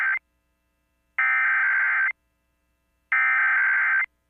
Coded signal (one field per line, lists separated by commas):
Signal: Emergency Alert System (SAME) tones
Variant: header bursts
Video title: Washington D.C. Required Monthly Test on multiple stations (EAS #1172-1179)